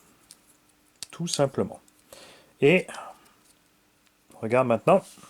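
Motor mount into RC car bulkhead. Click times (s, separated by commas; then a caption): 1.0 s. A plastic motor mount is fitted onto the bulkhead of an MST TCR M RC car kit during assembly and clips into place with a sharp click at 1.0 s. Someone talks before and after, and a faint tick is heard at 0.3 s.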